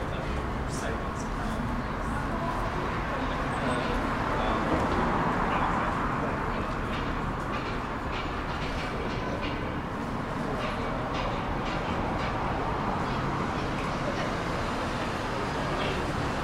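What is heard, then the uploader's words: Trams pass overhead while standing under a bridge in Manchester, a steady dense rumble of traffic and low mechanical roar filling the whole clip. Voices murmur throughout, and brief clacks and clicks punctuate the noise every second or so, swelling slightly around five seconds. Trams pass overhead as we stand under a bridge in Manchester. Industrial Manchester.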